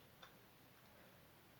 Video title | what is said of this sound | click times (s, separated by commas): REDGAMING-25 - UNBOXING DE 3 PRODUITS !! // ( écran S24D330 / bonette anti-vent / tapis de souris ) | Ouais. Bon, je sais pas pourquoi ça fait un clac, mais enfin bref, c'est peut-être la première fois qu'on l'utilise. | 0.2 s